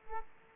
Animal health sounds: mosquito wingbeat signal from an infrared sensor; Aedes aegypti

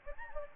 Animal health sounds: mosquito wingbeat signal from an infrared sensor; Anopheles gambiae

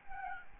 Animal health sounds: mosquito wingbeat signal from an infrared sensor; Aedes albopictus

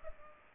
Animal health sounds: mosquito wingbeat signal from an infrared sensor; Culex pipiens

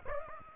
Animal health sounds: mosquito wingbeat signal from an infrared sensor; Aedes aegypti

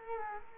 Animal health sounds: mosquito wingbeat signal from an infrared sensor; Culex quinquefasciatus

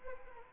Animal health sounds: mosquito wingbeat signal from an infrared sensor; Anopheles arabiensis

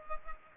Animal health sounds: mosquito wingbeat signal from an infrared sensor; Culex pipiens

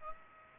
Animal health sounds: mosquito wingbeat signal from an infrared sensor; Aedes aegypti

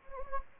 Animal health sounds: mosquito wingbeat signal from an infrared sensor; Anopheles gambiae

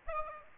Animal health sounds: mosquito wingbeat signal from an infrared sensor; Aedes aegypti

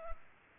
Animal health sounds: mosquito wingbeat signal from an infrared sensor; Culex pipiens

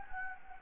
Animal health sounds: mosquito wingbeat signal from an infrared sensor; Anopheles gambiae

